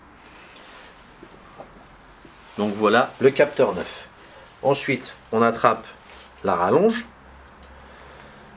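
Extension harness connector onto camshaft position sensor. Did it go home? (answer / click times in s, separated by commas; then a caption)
no / none. Someone talks while handling a new camshaft position sensor and reaching for the extension harness connector on a 1.6 HDI DV6 engine, with faint handling noises. The connector is about to be pushed back onto the sensor plug, but nothing has seated or clicked yet.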